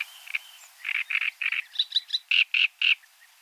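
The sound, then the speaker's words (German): A male great reed warbler sings its loud, harsh, fanfare-like territorial song at competing males: a rhythmic string of grating, croaky syllables repeated in pairs and triplets, rising into louder, more insistent notes toward the end. “Ein schönes Beispiel: der Drosselrohrsänger. Konkurrierenden Männchen schmettert er eine Art Fanfarengesang entgegen.”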